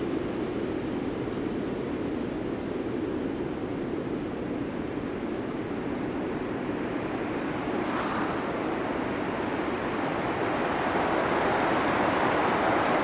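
Mountain wind rushes in a steady, dense roar, heavy in the low and middle range with a hissing upper edge. Around eight seconds a brief brighter gust flares, and the wind grows slightly louder and airier toward the end.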